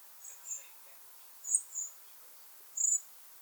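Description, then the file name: Common blackbird giving thin, very high notes, some paired, with pauses between, against a faint steady hiss. "Turdus merula"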